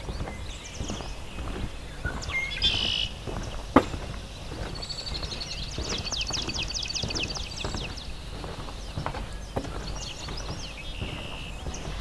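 Birdsong at Valens Lake in June, with high chirps scattered throughout and a fast, bright trill from about five to eight seconds. A low, steady rumble sits underneath, broken by soft clicks and a single sharp knock near four seconds.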